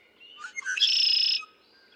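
Red-winged blackbird song, short gurgling introductory notes leading into a loud, harsh, buzzy trill held for about half a second.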